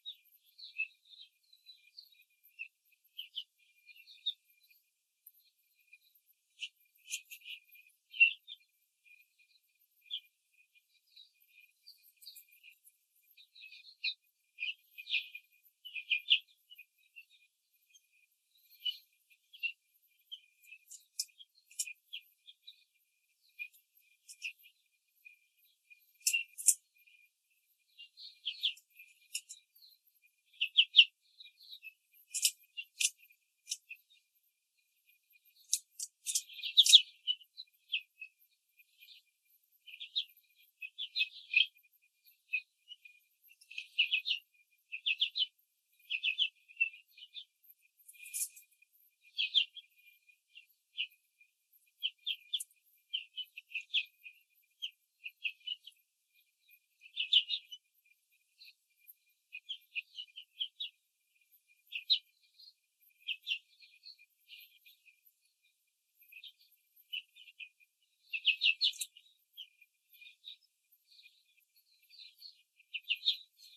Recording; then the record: young laying hens in a cage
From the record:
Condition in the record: control cage, after the stress test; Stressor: none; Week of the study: 4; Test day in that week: 3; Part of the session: 1